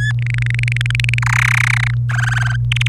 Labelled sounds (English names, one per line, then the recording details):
Domestic Canary song
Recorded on 27 April 2018 at 06:20
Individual llb3